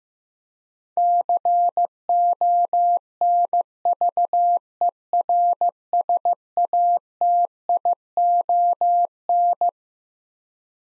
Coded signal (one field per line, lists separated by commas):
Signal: Morse code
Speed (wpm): 15 wpm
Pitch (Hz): 700 Hz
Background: none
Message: CONVERSATION